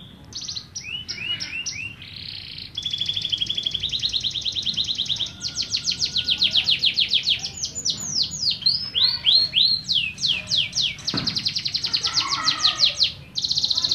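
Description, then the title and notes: Canary song, a long varied run of rapid trills and repeated downslurred notes, some buzzy rolls, with a faint low hum beneath. Master canary song, described as solid (mantap). "Suara Burung Kenari Masteran. master suara burung kenari mantap"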